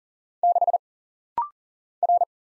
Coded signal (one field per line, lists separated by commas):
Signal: Morse code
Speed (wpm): 40 wpm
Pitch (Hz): 700 Hz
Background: none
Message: 6 R